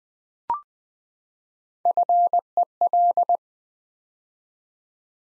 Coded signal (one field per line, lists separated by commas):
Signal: Morse code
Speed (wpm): 20 wpm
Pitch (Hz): 700 Hz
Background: none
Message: FEL